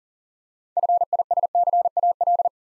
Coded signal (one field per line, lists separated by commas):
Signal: Morse code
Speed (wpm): 40 wpm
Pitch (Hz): 700 Hz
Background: none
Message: FISCAL